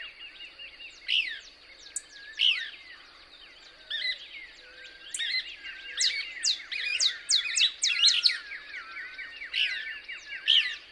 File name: Couch's Kingbird